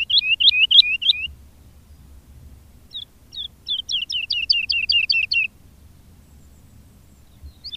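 Woodlark song: a short burst of looping notes, a pause, then a steady series of many fluty downslurred notes.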